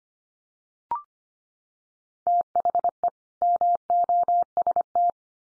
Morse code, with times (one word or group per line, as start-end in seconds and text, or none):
2.3-3.1 THE
3.4-5.1 MOST